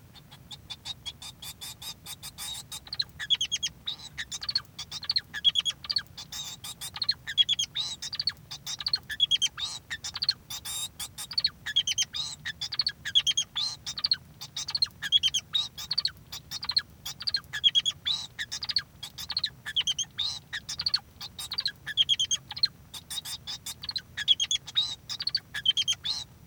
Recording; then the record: song of a male Bengalese finch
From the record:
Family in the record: son of father 2